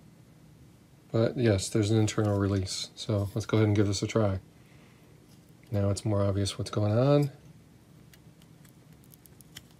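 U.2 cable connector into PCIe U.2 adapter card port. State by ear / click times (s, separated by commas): not seated / none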